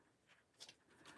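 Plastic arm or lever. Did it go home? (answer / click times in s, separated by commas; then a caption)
no / none. A paper trimmer arm or rail is flipped back down and pushed toward its locked position on the trimmer base, with quiet handling noises and a brief, sharper knock of contact partway through. The part has not seated or clicked into place yet.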